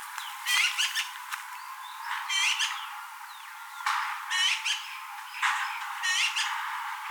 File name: Pica pica